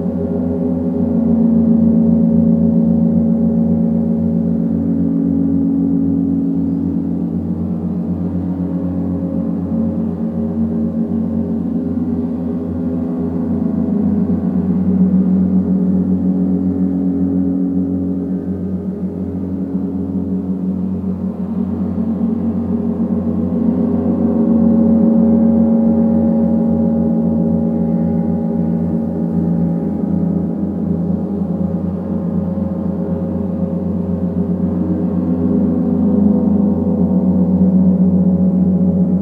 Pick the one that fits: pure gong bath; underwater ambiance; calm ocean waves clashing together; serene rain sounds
pure gong bath